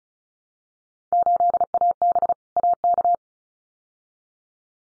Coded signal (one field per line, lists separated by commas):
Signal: Morse code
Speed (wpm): 34 wpm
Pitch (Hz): 700 Hz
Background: none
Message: 8AB AK